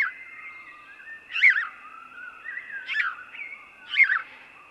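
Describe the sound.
House sparrow chirping: three rough chirps spaced over several seconds, with softer wavering notes between and a constant high hum in the background.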